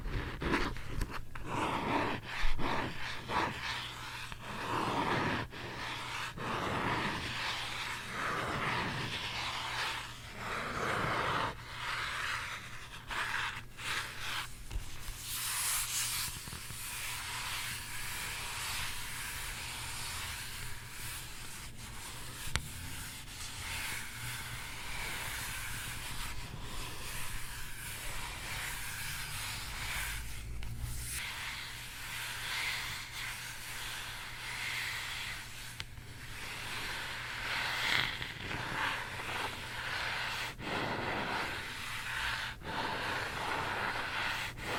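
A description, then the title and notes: Book scratching: steady dense scratchy rustle over a low hum, busier and louder in the first fifteen seconds, then a calmer, even hiss. ASMR book scratching.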